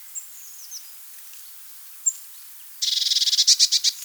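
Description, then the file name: Eurasian blue tit song: a few faint, thin high notes with long gaps, then a sudden loud, rapid trill of sharp notes near the end. "blaumeise"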